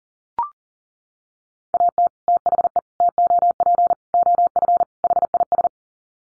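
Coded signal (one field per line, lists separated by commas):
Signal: Morse code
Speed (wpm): 37 wpm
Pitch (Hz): 700 Hz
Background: none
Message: AT THE TOP OF HIS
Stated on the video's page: Morse head-copy drill of common five-word groups at 40 wpm.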